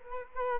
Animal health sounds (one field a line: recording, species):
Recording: mosquito wingbeat signal from an infrared sensor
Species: Culex quinquefasciatus